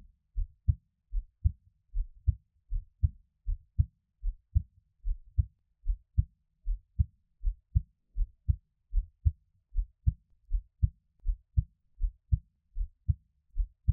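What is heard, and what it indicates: Steady, regular low thumps in paired beats at about 75–80 a minute: an adult's own heartbeat, heard close-up with no talking, offered as a Taiwanese ASMR piece.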